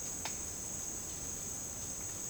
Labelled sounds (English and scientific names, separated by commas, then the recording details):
none
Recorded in dense forest near Puerto Asís, Putumayo, Colombia, on 8 March 2025 at 11:00
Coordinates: 0.486, -76.317
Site G053